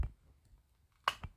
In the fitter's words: And there's 2. It snapped on.